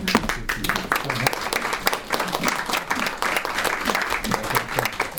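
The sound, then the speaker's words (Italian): An audience applauds steadily, a dense wash of many hands clapping at an even loudness for several seconds, with no voices rising above it. “possiamo applaudire.”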